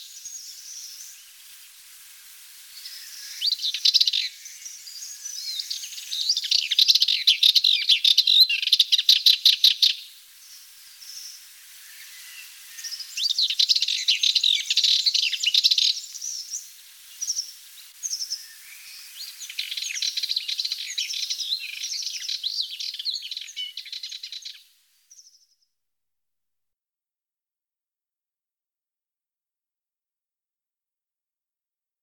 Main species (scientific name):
Sylvia melanocephala